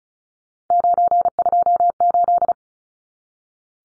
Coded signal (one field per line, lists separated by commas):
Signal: Morse code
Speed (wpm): 34 wpm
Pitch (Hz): 700 Hz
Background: none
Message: 928